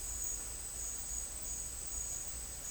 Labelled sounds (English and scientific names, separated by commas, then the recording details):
none
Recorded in secondary vegetation near Puerto Asís, Putumayo, Colombia, on 20 December 2024 at 11:30
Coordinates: 0.484, -76.319
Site GP06